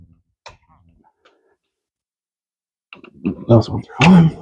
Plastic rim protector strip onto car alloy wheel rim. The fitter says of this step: up here see those nice satisfying clicks